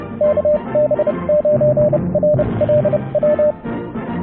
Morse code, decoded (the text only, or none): KB9RLW